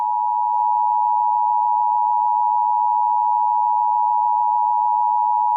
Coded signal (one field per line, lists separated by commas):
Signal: Emergency Alert System (SAME) tones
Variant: 853 and 960 Hz attention tone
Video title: Eas scenario first video special: pure insanity/ef15 tornado